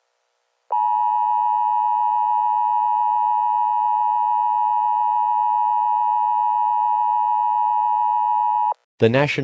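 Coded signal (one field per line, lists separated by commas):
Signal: Emergency Alert System (SAME) tones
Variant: 853 and 960 Hz attention tone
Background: speech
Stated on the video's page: Simulated EAS scenario tones for a fictional Georgia weather disaster.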